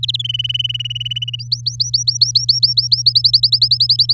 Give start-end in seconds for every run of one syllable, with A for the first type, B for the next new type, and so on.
0.03-0.16 A, 0.19-1.36 B, 1.39-3.02 C, 3.06-4.13 D